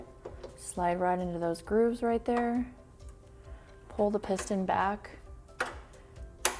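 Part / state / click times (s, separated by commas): machine piston onto its base connection / seated / 6.4 s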